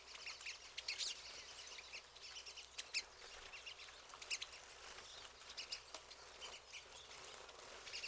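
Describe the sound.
Pine siskin flock chatter: thin high chips and brief twittering notes scattered irregularly throughout over a soft hiss.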